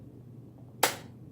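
A plastic accessory with a small latch is pushed onto the rail of a NERF toy blaster. Against a quiet low background, a single sharp, bright click sounds at 0.8 s and quickly fades. The latch clicks in and the accessory is seated on the rail.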